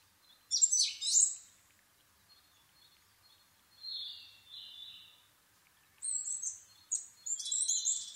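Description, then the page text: Asian brown flycatcher singing a varied jumble of high squeaky chirps and thin drawn-out whistles, phrases separated by brief silences. Nikko, Japan, 26 April 2011 at 4:39, altitude 730 m; Sony PCM-D50 with Panasonic WM-61A microphone. "kosamebitaki 20110426-0439. Muscicapa dauurica [Sounds -Nikko Today-]. 4/ 26 2011, 4:39 alt=730m"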